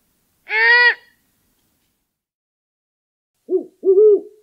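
Great horned owl, a single loud screech, then after a pause two short, low hoots.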